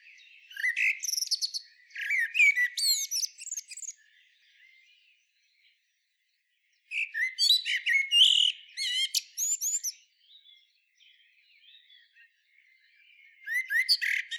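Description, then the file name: Common blackbird singing two bursts of rapid, varied chirps and downslurred whistles, separated by several seconds of near silence, with another burst starting at the end. "Turdus merula"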